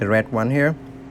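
Someone talks while handling the red manual thermal reset button in the control housing of a Chariot 2 iGloss 20 floor burnisher, with the cap open to reach it, as part of resetting it manually. A low steady hum sits under the voice. The button has not been pressed in yet, and nothing has clicked or seated in this clip.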